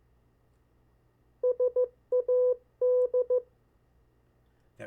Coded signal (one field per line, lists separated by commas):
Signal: Morse code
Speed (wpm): 15 wpm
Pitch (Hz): 500 Hz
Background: none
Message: SAD